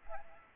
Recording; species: mosquito wingbeat signal from an infrared sensor; Aedes aegypti